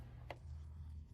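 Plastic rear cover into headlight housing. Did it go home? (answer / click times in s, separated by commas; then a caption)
yes / 0.3 s. A plastic rear cover is fitted onto a full LED matrix headlight housing for an Audi A3/S3 and locks into place with a single sharp click at 0.3 s. A steady low hum runs underneath, and the cover is seated.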